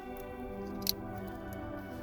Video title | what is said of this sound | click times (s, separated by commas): How to Replace IGNITION SWITCH - Honda Acura 92-00 | Just pops right in. | 0.9 s